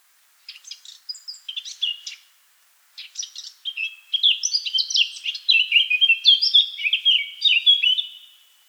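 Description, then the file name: Eurasian blackcap song: a short scratchy phrase, a pause, then a longer bright warble of quick varied notes ending in clear whistled tones. "Sylvia atricapilla"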